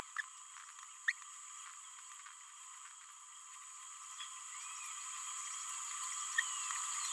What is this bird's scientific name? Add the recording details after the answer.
Forpus passerinus. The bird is a male. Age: 28 days. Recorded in a nest box in Venezuela. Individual 17B31A1